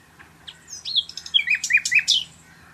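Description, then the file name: Common nightingale giving a short burst of song, a quick mix of whistled notes and sharp chirps over about two seconds. "Luscinia megarhynchos"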